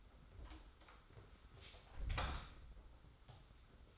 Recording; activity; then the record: daily activity, microphone in the room; close door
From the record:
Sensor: 3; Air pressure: 991.5 hPa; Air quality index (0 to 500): 138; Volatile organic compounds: 269 ppm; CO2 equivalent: 4408 ppm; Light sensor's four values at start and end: 42/118/48/41 and 42/118/48/41